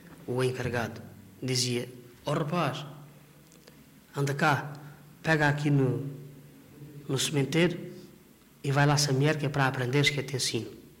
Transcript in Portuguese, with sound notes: o encarregado, dizia: "Ó rapaz, [pausa] anda cá. Pega aqui no no sementeiro e vai lá semear, que é para aprenderes, que eu te ensino".